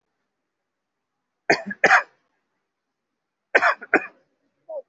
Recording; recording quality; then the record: heavy voluntary cough; excellent, no background noise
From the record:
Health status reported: COVID-19 positive, moderate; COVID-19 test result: positive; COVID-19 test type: RT-PCR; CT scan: taken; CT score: 5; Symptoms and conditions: cough, breathing difficulty, fever, fatigue, muscle pain, loss of smell and taste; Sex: male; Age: 56 years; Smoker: no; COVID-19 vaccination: both doses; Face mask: worn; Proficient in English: yes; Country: India